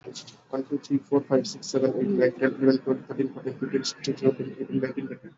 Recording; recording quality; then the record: counting at a fast pace; moderate, slight background noise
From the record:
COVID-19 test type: RT-PCR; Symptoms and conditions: cough, cold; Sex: male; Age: 26 years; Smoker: yes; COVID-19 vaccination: both doses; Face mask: worn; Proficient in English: yes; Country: India